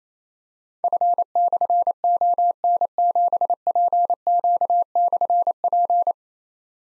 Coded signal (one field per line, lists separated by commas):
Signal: Morse code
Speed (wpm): 29 wpm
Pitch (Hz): 700 Hz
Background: none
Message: F/ON7PQ/P